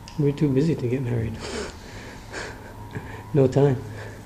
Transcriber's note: laughs